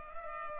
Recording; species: mosquito wingbeat signal from an infrared sensor; Culex pipiens